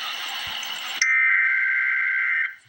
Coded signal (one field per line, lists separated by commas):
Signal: Emergency Alert System (SAME) tones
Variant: header bursts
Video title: Emergency Alert System - Severe Thunderstorm Warning - Apr 13, 2026 at 9:17 PM EDT